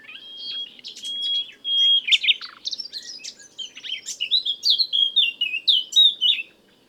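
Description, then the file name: Common nightingale song: pure drawn-out whistles repeated three times, then a rich jumble of quick varied chirps and slurred notes; a low background hum throughout. "Luscinia megarhynchos"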